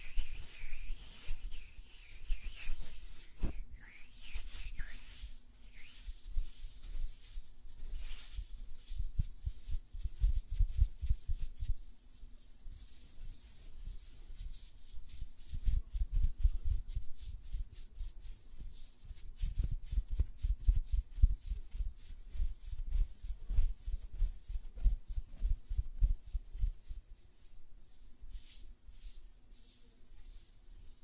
Tapping on Nails, Finger Fluttering, Hand Sounds